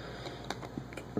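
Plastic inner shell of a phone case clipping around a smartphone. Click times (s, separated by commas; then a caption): 0.5 s, 0.9 s, 1.0 s. A smartphone is slid into the rugged plastic inner shell of an Otterbox Defender series case so its two small tabs go into the groove, then pressed until the shell clips in around the phone. Sharp clicks are heard at 0.5, 0.9 and 1.0 seconds, and the shell is seated.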